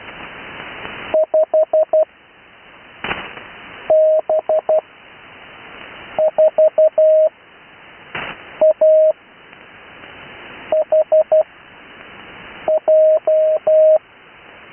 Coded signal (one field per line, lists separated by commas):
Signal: Morse code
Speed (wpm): 12 wpm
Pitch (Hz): 630 Hz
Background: radio noise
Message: 5B4AHJ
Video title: Morse Code Callsign Practice – Recorded Live July 8 2026 #morsecode